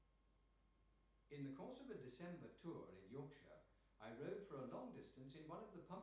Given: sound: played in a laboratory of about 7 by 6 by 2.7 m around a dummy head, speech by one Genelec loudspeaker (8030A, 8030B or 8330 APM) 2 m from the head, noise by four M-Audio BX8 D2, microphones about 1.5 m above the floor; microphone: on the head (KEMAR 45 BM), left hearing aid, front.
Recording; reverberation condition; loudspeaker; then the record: male speech in English; medium; behind (180 degrees)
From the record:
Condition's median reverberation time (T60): about 510 ms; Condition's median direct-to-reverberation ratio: about -0.5 dB